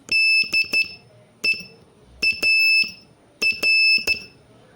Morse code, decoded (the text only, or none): DEAR